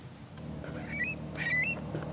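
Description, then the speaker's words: Long-billed Curlew calling, two short rising whistled notes about half a second apart, over a low rumbling engine of a passing vehicle. Transmittered male in Idaho giving a 'coo-wee' call as he took flight when an off-road vehicle passed; the call announces his presence to other curlews in the area. "That sound he made, coo-wee, coo-wee, Heather calls it the curly call. It's Dozer's way of saying, hey, I'm here, to other curlews"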